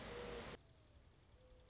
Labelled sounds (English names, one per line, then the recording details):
Mourning Dove
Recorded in Sonoma County, California